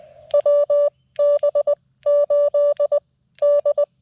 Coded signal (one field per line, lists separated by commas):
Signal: Morse code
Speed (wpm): 20 wpm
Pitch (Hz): 590 Hz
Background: none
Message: WB8D